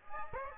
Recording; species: mosquito wingbeat signal from an infrared sensor; Aedes aegypti